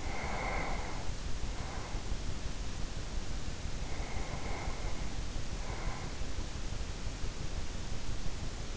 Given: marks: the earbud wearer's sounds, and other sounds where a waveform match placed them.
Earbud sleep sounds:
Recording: sounds in sleep by an in-ear microphone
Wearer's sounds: breath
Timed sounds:
0.00-2.33 s: breath
3.79-6.43 s: breath

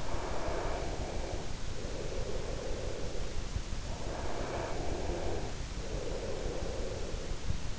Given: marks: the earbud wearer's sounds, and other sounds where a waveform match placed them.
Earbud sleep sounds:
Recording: sounds in sleep by an in-ear microphone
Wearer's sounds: breath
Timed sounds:
0.12-3.85 s: breath
4.03-7.79 s: breath

